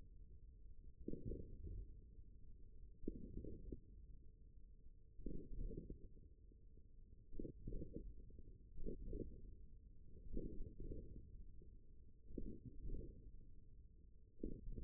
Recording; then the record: forearm muscle sounds (acoustic myography)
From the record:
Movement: hook grip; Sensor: system 1, eight BSWA MPA416 microphones around the upper forearm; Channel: 3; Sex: male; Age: 41 years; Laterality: right